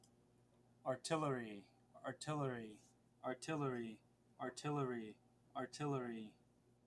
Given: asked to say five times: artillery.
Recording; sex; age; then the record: repeated word; male; 20 to 29 years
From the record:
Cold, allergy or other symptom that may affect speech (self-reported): no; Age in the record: 20 years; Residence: Indiana, United States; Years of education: 15